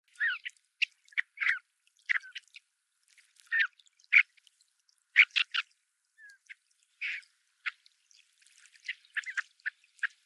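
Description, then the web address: Great knot giving short, clipped chattering notes in irregular bursts, some in quick pairs and triplets, against a quiet background. "obashigi"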